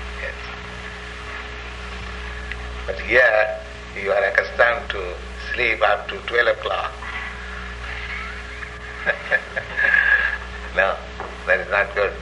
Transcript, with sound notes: Yes. But here you are accustomed to sleep up to twelve o'clock. [laughs] No. That is not good.